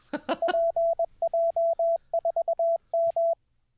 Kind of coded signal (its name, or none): Morse code